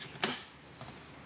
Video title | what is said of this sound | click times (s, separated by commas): GMC Sierra 1500 2025 AT4 - Auto Stop Eliminator + MagSafe Phone Mount Install - Full Dash Teardown | just snap in place. | 0.2 s